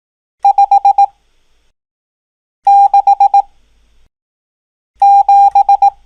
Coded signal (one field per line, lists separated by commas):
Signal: Morse code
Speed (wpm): 18 wpm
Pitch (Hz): 800 Hz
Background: none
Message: 5 6 7